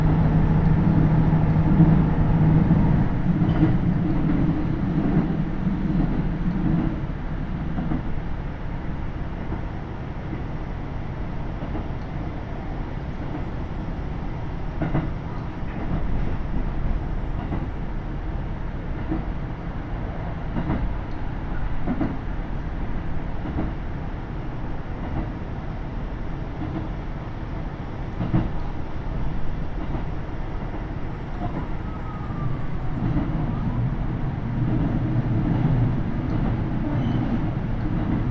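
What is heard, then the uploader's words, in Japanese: A KiHa 75 diesel railcar on the Taita Line rumbles steadily, its low engine drone heavier at the start and end, with rhythmic rail clatter throughout. 耳で楽しむ鉄道旅 太多線 美濃太田→多治見キハ75。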